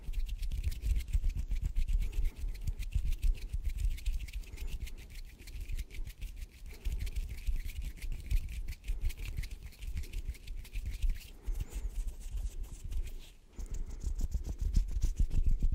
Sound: INTENSE HAND SOUNDS